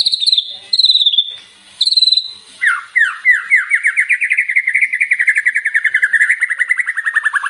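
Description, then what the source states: White-rumped shama song: clear high whistles, then a long rapid series of buzzy down-slurred notes that speed into a rattling trill. Lure recording meant to make a shama sing and respond; bird described as singing persistently (gacor).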